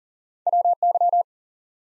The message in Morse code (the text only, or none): WY